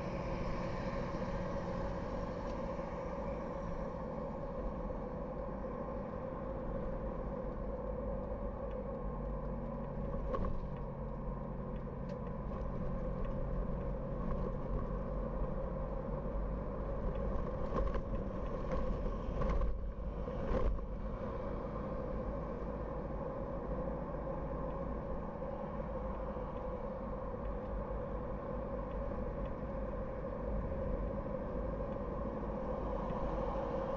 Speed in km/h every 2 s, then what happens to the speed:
63, 63, 56, 55, 54, 50, 47, 50, 49, 54, 55, 55, 57, 55, 53, 53, 53.
0-12 slows to 47. 12-23 speeds up to 57. 23-34 steady at about 53.